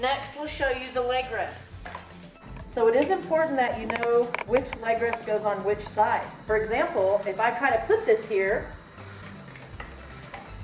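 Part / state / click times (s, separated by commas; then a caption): wheelchair leg rest into frame hinge bracket / not seated / none. A wheelchair leg rest is hung on the wrong side of a transport chair frame's hinge bracket and swung around, while someone talks over background music with a few brief knocks and taps. It does not latch because it is the incorrect side, and nothing has clicked into place.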